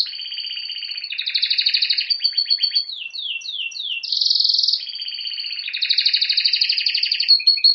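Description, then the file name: Canary song of long rolling trills with a high whistled tone, a run of quick descending sweeps, then more fast pulsed trilling. "Canary Voice"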